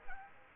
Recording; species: mosquito wingbeat signal from an infrared sensor; Aedes aegypti